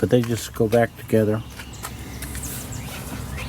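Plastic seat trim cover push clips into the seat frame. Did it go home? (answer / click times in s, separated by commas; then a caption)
no / none. Someone talks while plastic seat side covers, held on by push clips, are handled by hand without tools to be pressed back onto the seat frame. After the talking, there is quiet handling noise with a brief sharp sound at 1.9 s. Nothing has seated or clicked into place yet.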